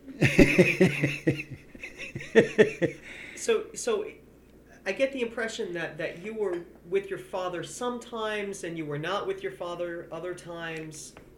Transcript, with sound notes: it. ( he laughs )
So I get the impression that you were with your father sometimes, and you were not with your father other times.